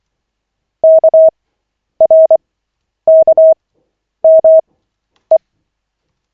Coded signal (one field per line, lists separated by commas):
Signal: Morse code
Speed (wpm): 24 wpm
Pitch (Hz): 640 Hz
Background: none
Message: KRKME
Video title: Koch 5/40, 25.12.2024, 2nd CW practice session